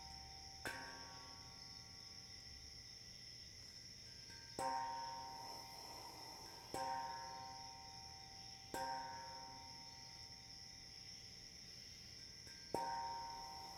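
Crickets chirp in a steady, high, unbroken layer throughout. Over them come five struck hits, at roughly two-second or four-second gaps, each a sharp attack that leaves a ringing mid-pitched tone hanging before slowly fading, like a drum or gong.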